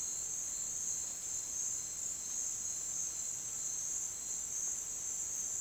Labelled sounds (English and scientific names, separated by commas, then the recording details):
none
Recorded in dense forest near Puerto Asís, Putumayo, Colombia, on 25 June 2025 at 10:00
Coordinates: 0.466, -76.327
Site GP04